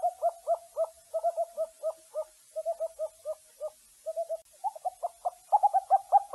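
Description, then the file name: Owl giving many short, mellow hoots in quick, irregular series separated by brief pauses, slightly higher towards the end. "suara burung hantu"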